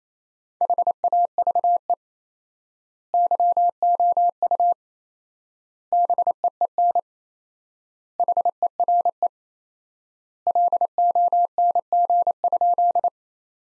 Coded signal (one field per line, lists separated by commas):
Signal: Morse code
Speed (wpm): 28 wpm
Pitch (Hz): 700 Hz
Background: none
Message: HAVE YOU BEEN HERE LONG?